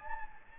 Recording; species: mosquito wingbeat signal from an infrared sensor; Anopheles gambiae